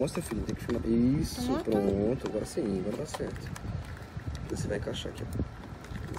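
A headlight bulb is handled in the headlight housing of a GSX-R 750 SRAD motorcycle, with its metal retaining clip about to be pushed to lock. Someone talks through most of the clip, with a few faint, short handling taps around 4.0 to 4.4 seconds. Nothing has seated or clicked yet.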